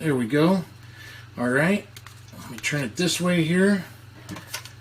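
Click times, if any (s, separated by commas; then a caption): 4.5 s. A plastic phone holder arm is slid into its slot on a Holy Stone HS700D drone's remote-control transmitter while someone talks. After the speech, a few short plastic knocks are heard, and the holder snaps into place with a click at 4.5 seconds.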